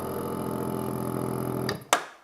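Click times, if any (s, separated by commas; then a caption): 1.9 s. A Lava V400 vacuum packing machine runs with a steady tonal pump hum, pulling about 0.4 of vacuum through its external port on a jar lid set onto a glass jar without its screw ring. The hum cuts off around 1.7 s, and the lid pops down sharply at 1.9 s. The lid is drawn down and sealed under vacuum.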